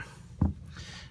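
During reassembly of a Ruger American Pistol's sear housing, a small steel part, likely a spring, is pushed down until it pops into place under the back of the housing. A short, sharp pop sounds at 0.4 s, followed by a fainter, high tick at about 0.7 s, over a quiet background. The part is seated.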